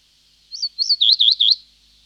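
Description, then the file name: Reed bunting song: a single short, jingling phrase of a few high, looping notes lasting about one second, against a quiet background. "Reed Bunting (Emberiza schoeniclus)"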